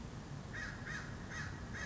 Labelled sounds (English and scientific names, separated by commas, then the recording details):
American Crow (Corvus brachyrhynchos)
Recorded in Sonoma County, California